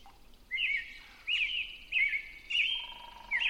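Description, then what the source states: Robin song: short whistled caroling phrases repeated about every 0.7 seconds, with a faint hum underneath. Recorded at 6 am on 20 June 2005.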